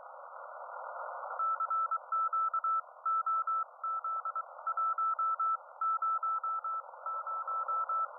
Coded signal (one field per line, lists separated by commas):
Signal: Morse code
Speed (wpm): 23 wpm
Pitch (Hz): 1320 Hz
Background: none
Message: CQ OZ100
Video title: Monitor the Situation : CW & Ham Radio 5.3.2026